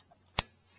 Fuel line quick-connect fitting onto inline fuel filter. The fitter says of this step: this line gets snapped in